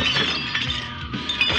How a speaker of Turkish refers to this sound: Hayş! Gitti, kırıldı canım tabaklar.